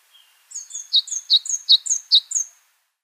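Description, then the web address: Tenerife blue tit song: a faint thin note, then a quick series of high doubled notes alternating sharp upper and lower tones. "Schulze Peter Tenerife Blue Tit song"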